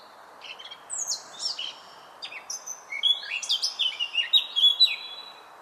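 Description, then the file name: Eurasian blackcap song: a hurried jumble of chattering high notes building into a brighter, whistled flourish, with a soft background hiss throughout. "Sylvia atricapilla"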